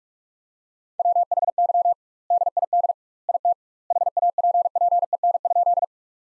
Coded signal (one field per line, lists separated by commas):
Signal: Morse code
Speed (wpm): 42 wpm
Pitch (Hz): 700 Hz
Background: none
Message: WHY DID IT HAPPEN?